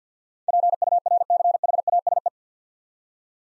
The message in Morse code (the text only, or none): PURCHASE